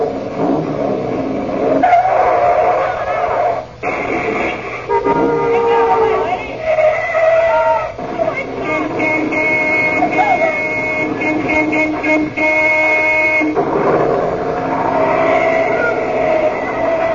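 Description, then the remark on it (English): A car engine drives and revs loudly and continuously, its droning tone climbing and dipping in pitch, with brief squealing tires mixed in along the way. “Looks like our car.”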